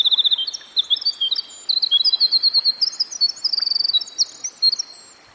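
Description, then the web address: Winter wren singing a fast, bubbling stream of high notes, with rapid trills and buzzy runs strung together almost without a break throughout. Winter wren singing by a stream. "Dan Gibson Songbirds By The Stream. Winter Wren"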